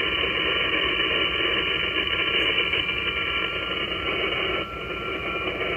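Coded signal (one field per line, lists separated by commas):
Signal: FT8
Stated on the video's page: FT8 received through terrible RFI in a noisy electrical environment.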